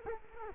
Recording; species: mosquito wingbeat signal from an infrared sensor; Culex quinquefasciatus